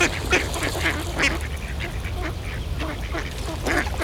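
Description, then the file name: Ducks giving rapid, harsh quacks, several birds calling at once above a low background hum. Ducks in a pond. "Eenden in een vijver - Sound Cloud - Beeld en Geluid"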